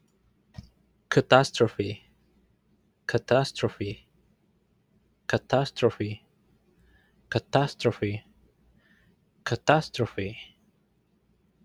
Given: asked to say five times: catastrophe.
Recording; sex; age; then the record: repeated word; male; 30 to 39 years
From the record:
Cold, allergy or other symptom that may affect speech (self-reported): no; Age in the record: 32 years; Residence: Utah, United States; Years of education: 12